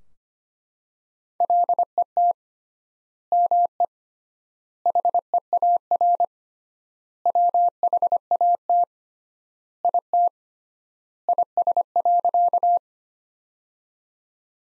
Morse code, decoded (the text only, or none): LET ME HEAR WHAT IT IS.